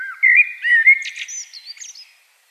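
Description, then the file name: Common blackbird singing one short phrase, low warbled whistles rising into thin, scratchy high notes that fade out. "Turdus merula"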